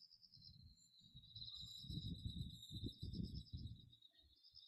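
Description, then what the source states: Bell cricket song, a steady high ringing tone with pulsed bursts throughout, over low rumbling thumps and faint background noise. Autumn insect sounds heard as background listening during a lying-down spine relaxation lesson.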